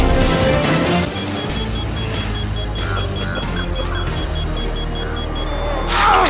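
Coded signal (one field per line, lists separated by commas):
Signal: none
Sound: game sound effects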